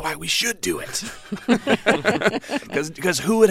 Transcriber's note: laughter